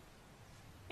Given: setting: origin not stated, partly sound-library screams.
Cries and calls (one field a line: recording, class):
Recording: one-second piece from a danger detection set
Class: normal situation